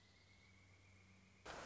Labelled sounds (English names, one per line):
Pileated Woodpecker